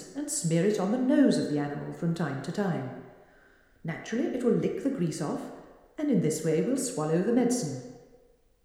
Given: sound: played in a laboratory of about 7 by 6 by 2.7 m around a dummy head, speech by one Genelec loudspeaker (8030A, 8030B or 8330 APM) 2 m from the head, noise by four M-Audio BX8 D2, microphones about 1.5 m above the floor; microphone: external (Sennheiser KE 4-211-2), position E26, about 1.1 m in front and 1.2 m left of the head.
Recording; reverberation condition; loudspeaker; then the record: female speech in English; high; 30 degrees to the left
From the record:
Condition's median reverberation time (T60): about 1300 ms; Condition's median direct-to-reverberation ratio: about -4.0 dB